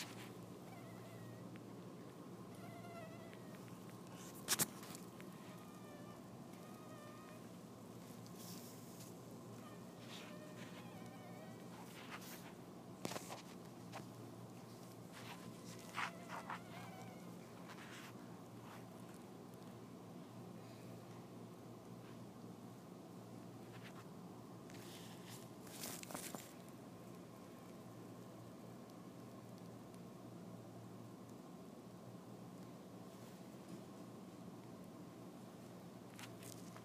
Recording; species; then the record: mosquito flight sound by mobile phone; Anopheles dirus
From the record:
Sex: male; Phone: iPhone 4S